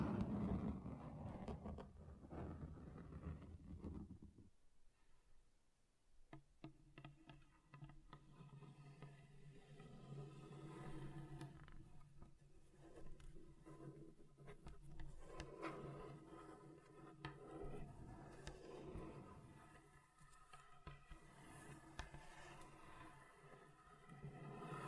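Scratching on a table across different surfaces, opening with a louder, rougher stretch for the first four seconds. A brief near-silent pause follows, then a steady, dense run of fine scraping strokes with a low hum underneath continues to the end.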